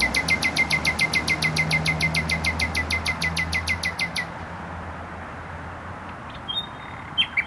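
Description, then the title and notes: Nightingale song: a long, fast series of loud repeated clicking notes lasting about four seconds, then quiet with a few thin notes; traffic drone below. Singing in bushes close to a noisy motorway (Trasa Toruńska), Bródno-Podgrodzie, Warsaw, Poland; recorded with an Olympus LS-11. "Bródno-Podgrodzie, Warszawa, Polska - Trasa Toruńska Nightingale. nightingale singing in bushes close to noisy motorway. Recorder: Olympus LS-11"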